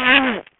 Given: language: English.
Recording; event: throat vibration sensor signal played as sound; throat clearing